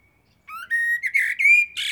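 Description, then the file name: Eurasian blackbird song: a single phrase of mellow fluted whistles that ends in a brief, harsh, squeaky flourish. "Turdus merula"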